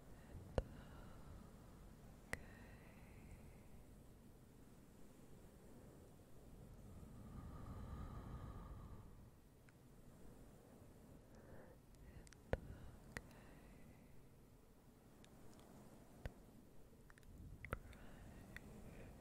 Very slow and soft fluffy sounds with a bit of whispering, tongue clicking and more